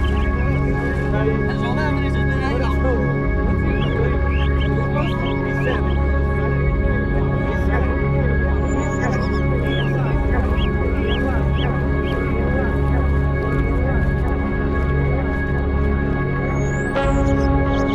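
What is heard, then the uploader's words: Seagulls call in short, frequent bursts over a steady low rumble of waves, with voices murmuring underneath and a thin whistle near the end. Before or after the season, there are seagulls, there are waves, there are fishermen.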